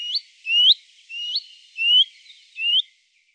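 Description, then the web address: Willow warbler calls: clear, rising whistled notes sliding upward, five in a row. "Faglar Sound Lovsagare"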